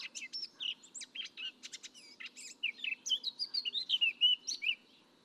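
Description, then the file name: Eurasian blackcap singing a varied, jumbled warble of sharp chips and clear whistled notes, ending in a louder run of fluting whistled phrases. "Sylvia atricapilla"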